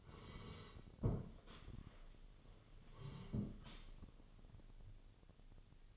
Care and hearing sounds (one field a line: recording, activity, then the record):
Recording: daily activity, microphone in the room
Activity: sit down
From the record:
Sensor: 4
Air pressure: 1016.1 hPa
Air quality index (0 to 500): 176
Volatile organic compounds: 7 ppm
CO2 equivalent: 2000 ppm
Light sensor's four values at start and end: 9/20/8/8 and 9/20/8/7